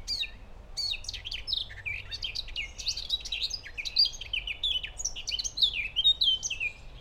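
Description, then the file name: Eurasian blackcap delivering, after a brief pause near the start, a jumbled warble of quick rising and falling high notes that carries on steadily to the end. "Sylvia atricapilla"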